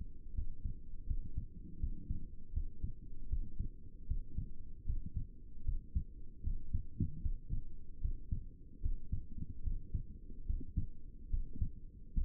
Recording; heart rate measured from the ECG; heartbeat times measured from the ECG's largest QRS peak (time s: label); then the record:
heart sounds by stethoscope; 76 bpm
0.35 s: heartbeat
1.08 s: heartbeat
1.80 s: heartbeat
2.54 s: heartbeat
3.30 s: heartbeat
4.08 s: heartbeat
4.87 s: heartbeat
5.66 s: heartbeat
6.44 s: heartbeat
7.23 s: heartbeat
8.02 s: heartbeat
8.83 s: heartbeat
9.64 s: heartbeat
10.47 s: heartbeat
11.31 s: heartbeat
12.15 s: heartbeat
From the record:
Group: healthy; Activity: Valsalva maneuver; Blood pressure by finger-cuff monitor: 92/58 mmHg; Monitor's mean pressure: 74 mmHg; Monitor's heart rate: 75 bpm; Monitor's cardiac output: 6.6 L/min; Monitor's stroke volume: 81 mL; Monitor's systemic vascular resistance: 670 dyn s/cm5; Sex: male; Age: 22 years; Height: 181 cm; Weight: 79 kg